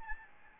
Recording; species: mosquito wingbeat signal from an infrared sensor; Aedes albopictus